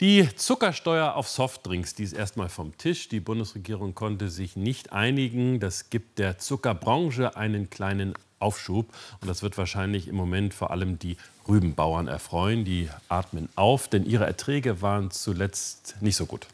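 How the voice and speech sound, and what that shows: An adult male news presenter speaking German with normal speech: a low-pitched voice, fluent and steady delivery with short pauses between phrases.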